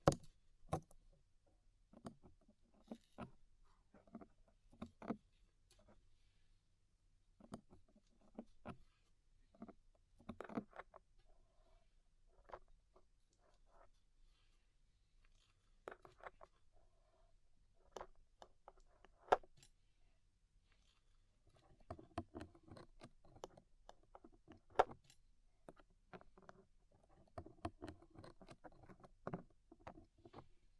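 Ear cleaning with rhinestone and clay removal: sharp, crisp clicks and taps come one at a time against near silence, a few seconds apart. From about twenty-two seconds the sounds thicken into a denser run of crackling, rustling scrapes mixed with louder snaps.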